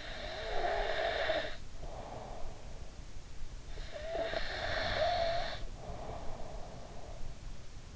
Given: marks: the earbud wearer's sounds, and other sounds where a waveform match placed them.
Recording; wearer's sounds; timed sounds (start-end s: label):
sounds in sleep by an in-ear microphone; breath
0.00-3.04 s: breath
3.75-7.40 s: breath